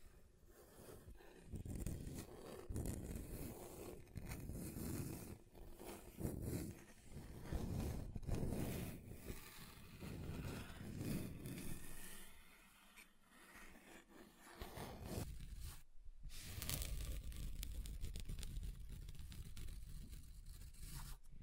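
Scratching across a table surface, with rough, dense scraping strokes that come in uneven bursts through the whole stretch. The texture shifts between grainier, tearing passages and smoother rubbing, with a brief near-silent gap around sixteen seconds before the scraping resumes.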